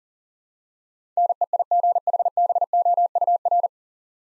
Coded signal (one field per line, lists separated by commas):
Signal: Morse code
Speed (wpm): 40 wpm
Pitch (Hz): 700 Hz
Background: none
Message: NEIGHBOUR